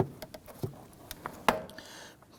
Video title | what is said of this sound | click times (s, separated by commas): How To Replace Blower Motor Resistor Connector Plug 1993-1997 Ford Ranger | press it in you'll feel that snap into place | 1.5 s